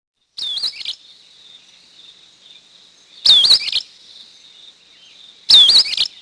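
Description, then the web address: Sulphur-bellied Flycatcher giving three shrill, squeaky, twisting notes, each about half a second long, a few seconds apart, over a steady high background drone. "Peterson North American Birds. sbfl"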